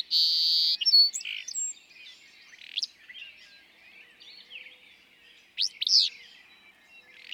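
Willow flycatcher giving a sharp, buzzy two-note song after a steady high tone at the start, with scattered chirps around it.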